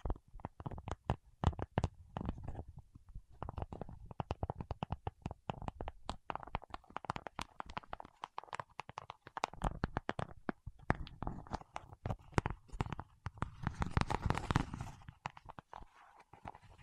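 Waxy fingertips rubbing and tapping produce a dense run of short, sticky clicks and squelches, many per second and uneven in rhythm. Low thumps sit under brighter crackles, and around fourteen seconds a louder, smeared patch of smacking rises before the clicks thin out.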